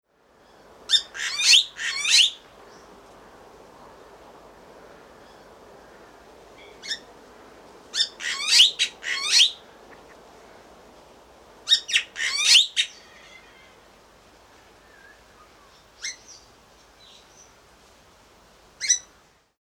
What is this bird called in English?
Bali Myna